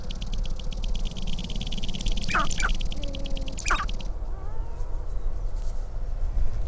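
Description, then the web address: Sharp-tailed grouse: a rapid buzzy rattle that stops partway, with a few sharp calls and brief low tones. "Natural Sounds Sharp-tailed Grouse"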